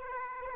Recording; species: mosquito wingbeat signal from an infrared sensor; Aedes aegypti